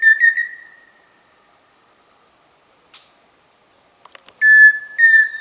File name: canto do saci faisao